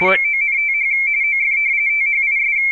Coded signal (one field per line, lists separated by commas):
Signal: RTTY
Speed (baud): 45.45 baud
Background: speech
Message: MONTH OF THIS